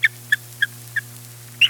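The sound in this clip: Bald eagle chirps: five short, high, squeaky notes, with a steady low hum underneath.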